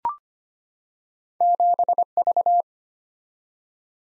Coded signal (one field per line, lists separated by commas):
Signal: Morse code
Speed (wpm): 25 wpm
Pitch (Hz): 700 Hz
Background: none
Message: 7V